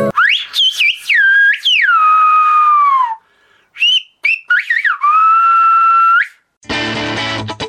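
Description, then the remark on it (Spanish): Loud whistled speech in the Silbo Gomero style, whistled by masters from La Gomera, with long sliding tones that rise and fall in several phrases and short pauses, followed by a brief burst of noisy sound at the end. “Vamos a decirlo silbado. Aitiden Radio.”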